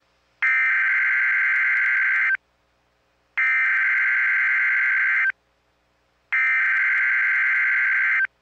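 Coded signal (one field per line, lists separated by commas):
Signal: Emergency Alert System (SAME) tones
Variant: header bursts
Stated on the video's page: Mock EAS alert, not real, imagining a precautionary alert ahead of the 2017 solar eclipse in Southern Illinois.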